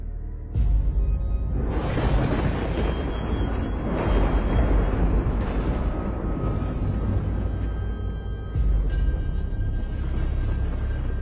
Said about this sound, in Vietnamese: Từ trên cao một tia đại lôi giáng thẳng vào nhà. Ngôi biệt thự cứ như vậy mà đùng đùng sập xuống.